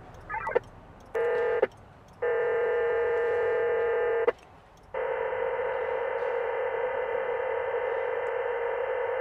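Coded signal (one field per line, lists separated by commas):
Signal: HF data modem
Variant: VARA FM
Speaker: it did send the traffic out first before it lets me uh take the incoming messages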